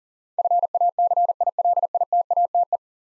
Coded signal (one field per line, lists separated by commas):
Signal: Morse code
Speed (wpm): 38 wpm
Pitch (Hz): 700 Hz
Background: none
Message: FACILITATE